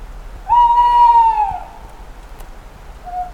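Owl giving a single drawn-out, slightly arching whistled hoot lasting about a second, followed by a faint short note near the end.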